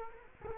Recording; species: mosquito wingbeat signal from an infrared sensor; Culex quinquefasciatus